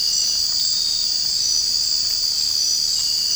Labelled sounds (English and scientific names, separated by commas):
none